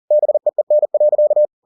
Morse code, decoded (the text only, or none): BEEN.